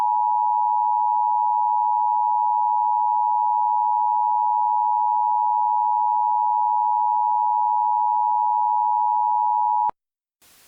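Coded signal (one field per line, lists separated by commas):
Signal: Emergency Alert System (SAME) tones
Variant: 853 and 960 Hz attention tone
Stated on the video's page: Fictional Shark Week EAS scenario.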